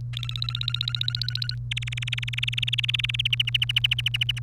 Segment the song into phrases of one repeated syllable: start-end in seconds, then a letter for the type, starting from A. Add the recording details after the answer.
0.13-1.54 A, 1.71-3.21 B, 3.25-4.39 C. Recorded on 1 May 2018 at 11:47. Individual llb3